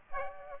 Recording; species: mosquito wingbeat signal from an infrared sensor; Aedes aegypti